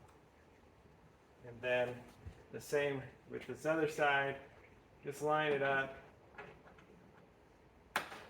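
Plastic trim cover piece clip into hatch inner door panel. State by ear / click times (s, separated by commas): seated / 8.0 s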